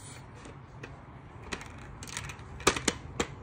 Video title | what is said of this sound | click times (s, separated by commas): Art Dots Mega Sale | then at the top there's another tray that clicks into place | 2.7 s, 2.9 s